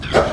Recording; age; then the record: pig call; growing-finishing pig (85 days or more)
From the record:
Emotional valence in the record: positive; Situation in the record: run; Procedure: transit